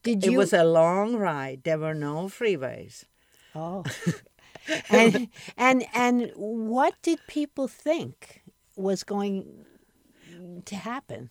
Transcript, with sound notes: It was a long ride, there were no freeways (laughs)
And what did people think was going to happen?